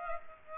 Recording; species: mosquito wingbeat signal from an infrared sensor; Aedes aegypti